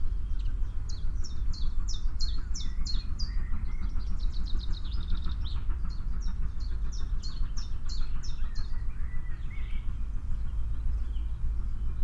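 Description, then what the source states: Common chiffchaff song of repeated high, even notes, broken midway by a faster run of notes, then resuming; steady low rumble in the background. Song of an adult bird.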